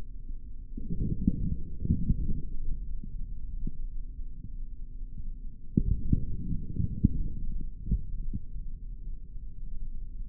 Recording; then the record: forearm muscle sounds (acoustic myography)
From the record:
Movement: forearm pronation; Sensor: system 3, bracelet of six PUI Audio POM-2738L microphones around the upper forearm, with dedicated amplification and filtering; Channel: 3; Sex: male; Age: 25 years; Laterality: right